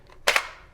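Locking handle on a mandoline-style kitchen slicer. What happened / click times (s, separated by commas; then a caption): The plastic handle lock snaps open / 0.3 s. The locking handle on a collapsible plastic mandoline-style kitchen slicer is turned from its locked position and clicks out of the lock at 0.3 s, followed by a second quick snap and a short fading tail. The handle is released and the unit opens to show the blade.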